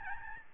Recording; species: mosquito wingbeat signal from an infrared sensor; Aedes albopictus